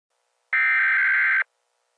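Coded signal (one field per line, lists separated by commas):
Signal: Emergency Alert System (SAME) tones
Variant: header bursts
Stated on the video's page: Fictional EAS scenario set in a future of risen oceans.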